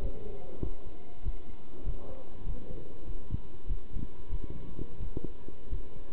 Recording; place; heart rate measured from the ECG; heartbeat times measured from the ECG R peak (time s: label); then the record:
heart sounds by stethoscope; between the tricuspid and mitral areas; 95 bpm
0.01 s: heartbeat
0.61 s: heartbeat
1.24 s: heartbeat
1.84 s: heartbeat
2.45 s: heartbeat
3.05 s: heartbeat
3.68 s: heartbeat
4.30 s: heartbeat
4.98 s: heartbeat
5.70 s: heartbeat
From the record:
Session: pedaling a stationary bicycle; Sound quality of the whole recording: good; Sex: male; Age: 27 years